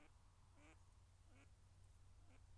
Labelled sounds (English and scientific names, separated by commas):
Mallard (Anas platyrhynchos)